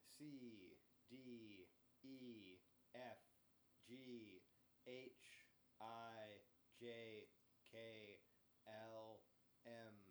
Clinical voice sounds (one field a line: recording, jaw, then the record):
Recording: letters of the alphabet, spoken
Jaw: free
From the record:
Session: first day, before the bite bar